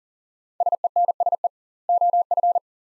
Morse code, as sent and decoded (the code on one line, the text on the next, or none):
... . -. ... . / --- ..-.
SENSE OF